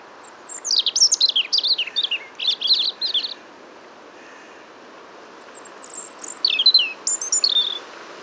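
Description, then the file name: European robin singing a long run of rapid, high, jumbled twittering notes, a short pause, then another phrase opening with a thin high whistle and quick trills. "Erithacus rubecula"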